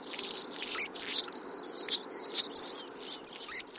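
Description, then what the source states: Anna's Hummingbird calls: a rapid, irregular series of sharp, very high, dry ticks and short buzzy bursts. Largely non-migratory, resident year-round from California to southern British Columbia.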